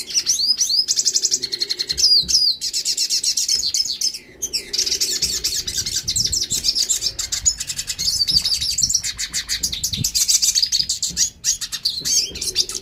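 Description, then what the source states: Yellow-faced siskin singing a fast, continuous warble of high twittering notes and slurred trills, pausing only briefly around four seconds. Northeast Brazil.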